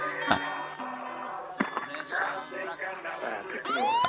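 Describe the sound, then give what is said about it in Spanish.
A busy, noisy street scene with voices mixed in, and near the end a siren's wailing tone climbs sharply in pitch as a police car goes by. “Ah, bueno, me parece que lo siguen buscando, siguen pasando, escuchamos alguna sirena.”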